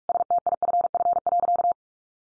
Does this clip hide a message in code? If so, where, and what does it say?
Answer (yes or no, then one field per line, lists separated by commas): yes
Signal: Morse code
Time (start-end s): 0.1-1.7 s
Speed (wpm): 44 wpm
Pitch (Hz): 700 Hz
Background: none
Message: STIFF.